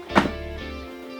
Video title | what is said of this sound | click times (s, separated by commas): Klipsch LaScala Trio Home Theater Tour 2016 | it locks in place. | 0.2 s